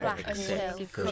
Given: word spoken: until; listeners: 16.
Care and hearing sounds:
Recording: one English word in noise, from a listening test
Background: four-talker babble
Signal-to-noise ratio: -2.1 dB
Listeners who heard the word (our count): 2 of 16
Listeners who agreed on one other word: 8 of 16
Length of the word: 0.71 s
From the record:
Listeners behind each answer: 8, 2, 1, 1, 1, 1, 1, 1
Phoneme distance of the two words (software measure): 45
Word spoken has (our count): 2 syllables, 5 phonemes, stress on syllable 2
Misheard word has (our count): 1 syllable, 4 phonemes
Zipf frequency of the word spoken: 5.40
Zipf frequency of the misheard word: 5.26

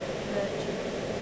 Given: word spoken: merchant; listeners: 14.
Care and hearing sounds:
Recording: one English word in noise, from a listening test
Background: speech-shaped noise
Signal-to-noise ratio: -5.2 dB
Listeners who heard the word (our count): 1 of 14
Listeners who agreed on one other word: 7 of 14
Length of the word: 0.82 s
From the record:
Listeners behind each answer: 7, 2, 1, 1, 1, 1, 1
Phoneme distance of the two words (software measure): 34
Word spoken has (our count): 2 syllables, 6 phonemes, stress on syllable 1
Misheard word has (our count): 2 syllables, 4 phonemes, stress on syllable 1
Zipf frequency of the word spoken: 3.78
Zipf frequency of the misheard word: 3.51

